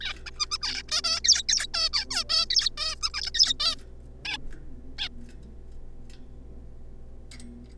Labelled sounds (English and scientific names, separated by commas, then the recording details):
Zebra Finch (Taeniopygia guttata)
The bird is a juvenile
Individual R3549